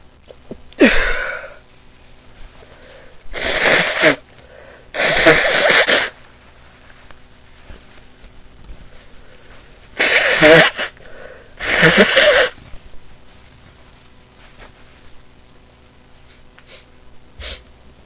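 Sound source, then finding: Adult male. Sneeze with nose blowing.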